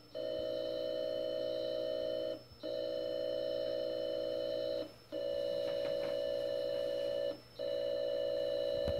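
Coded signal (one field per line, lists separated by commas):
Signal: computer data on cassette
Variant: Atari 8-bit FSK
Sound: steady buzzing tones in four long blocks separated by three short silent gaps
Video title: Atari 800XL Cassette Loading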